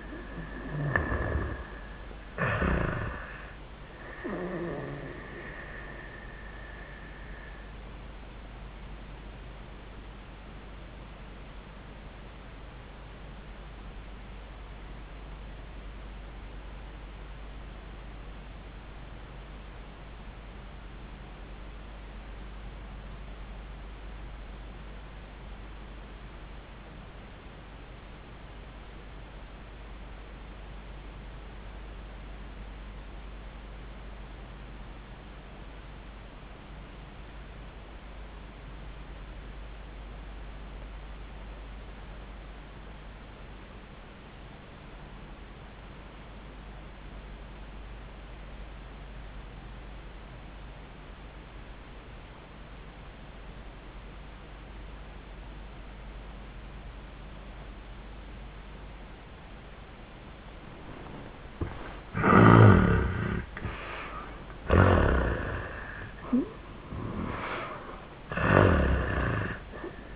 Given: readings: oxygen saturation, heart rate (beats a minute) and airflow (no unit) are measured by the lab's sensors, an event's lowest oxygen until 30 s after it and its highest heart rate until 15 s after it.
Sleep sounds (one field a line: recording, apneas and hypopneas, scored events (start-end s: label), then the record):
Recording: breathing in sleep by a voice recorder at the bedside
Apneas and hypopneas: 1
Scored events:
2.00-32.00 s: new sleep stage, N1 (lightest sleep)
6.00-62.40 s: obstructive apnea (N1, oxygen 95% highest, then 62% lowest, heart rate 87 at the start, 99 highest)
32.00-62.00 s: new sleep stage, REM sleep
62.00-70.16 s: new sleep stage, N1 (lightest sleep)
From the record:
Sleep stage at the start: REM sleep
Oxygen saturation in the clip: 66 to 95%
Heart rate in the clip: 64 to 97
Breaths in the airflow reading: 3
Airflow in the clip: -30.8 to 16.2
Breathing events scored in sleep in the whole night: 400 in 8.7 hours asleep